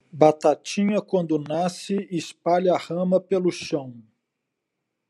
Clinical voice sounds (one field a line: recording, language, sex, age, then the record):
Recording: short text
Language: Brazilian Portuguese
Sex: male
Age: 50 to 59 years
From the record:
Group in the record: control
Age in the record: 53 years